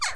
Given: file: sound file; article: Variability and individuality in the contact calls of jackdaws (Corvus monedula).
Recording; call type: jackdaw call; harmonic